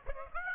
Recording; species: mosquito wingbeat signal from an infrared sensor; Aedes aegypti